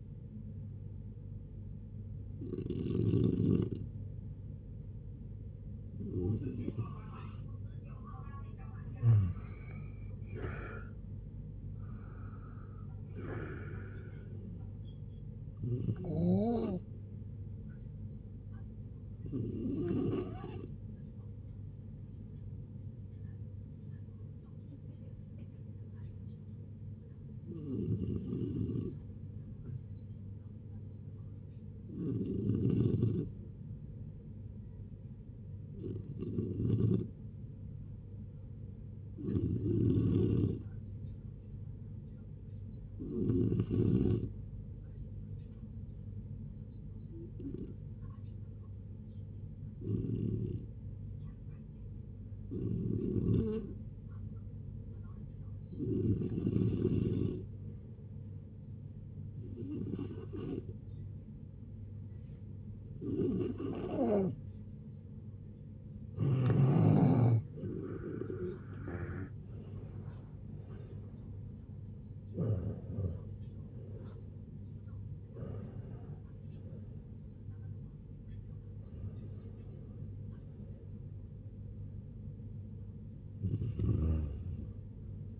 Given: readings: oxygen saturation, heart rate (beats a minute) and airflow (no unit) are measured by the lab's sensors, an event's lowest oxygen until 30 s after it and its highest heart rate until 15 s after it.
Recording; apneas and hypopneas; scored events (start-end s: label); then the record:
a person awake in a sleep study, by a smartphone at the bedside; none
0.00-85.40 s: awake
0.00-85.40 s: awake
From the record:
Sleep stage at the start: awake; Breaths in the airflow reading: 29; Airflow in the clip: -0.7 to 0.7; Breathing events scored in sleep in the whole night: 496 in 5.4 hours asleep